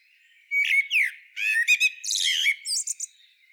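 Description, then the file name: Common blackbird song phrase: a few rich, falling whistled notes followed by a jumble of fast, thin, chattering high squeaks. "Turdus merula"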